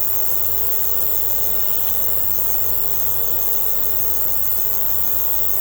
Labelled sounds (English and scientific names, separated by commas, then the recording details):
none
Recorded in secondary vegetation near Puerto Asís, Putumayo, Colombia, on 4 March 2025 at 01:30
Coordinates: 0.468, -76.324
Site G059